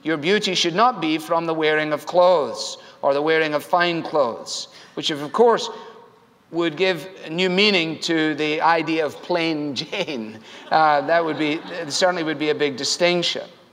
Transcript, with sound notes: Your beauty should not be from the wearing of clothes, or the wearing of fine clothes, which, of course, would give new meaning to the idea of “Plain Jane.” (laughter) That certainly would be a big distinction.